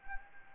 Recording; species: mosquito wingbeat signal from an infrared sensor; Anopheles gambiae